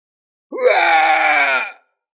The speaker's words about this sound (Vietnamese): Một tiếng hét thảm phát ra, con Kim Ô cường đại này bị xé rách, một vị nguyên lão cứ như vậy bị Diệp Hàm chém rụng.